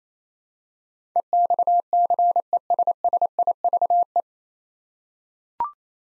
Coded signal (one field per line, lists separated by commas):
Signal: Morse code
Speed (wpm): 27 wpm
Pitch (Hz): 700 Hz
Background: none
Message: EXCESSIVE